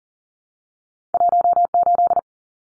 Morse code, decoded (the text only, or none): 18